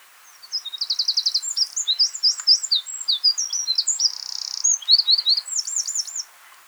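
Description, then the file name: Eurasian wren song, a long, energetic high outpouring of quick trills, chattering notes and a brief buzzy stretch, ending in repeated looping whistles, nearly six seconds of continuous rapid delivery. "Troglodytes troglodytes 190320"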